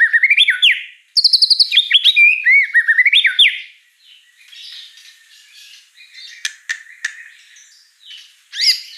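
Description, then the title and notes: White-rumped shama song: rich whistled phrases with rising sweeps, then quieter scratchy chatter and sharp clicks toward the end. Lure song of a lively singing white-rumped shama with a rich, varied repertoire. "Pancingan Gacor Murai Batu Bongkar Isian Mewah. Audio Murai Batu Dongfeng"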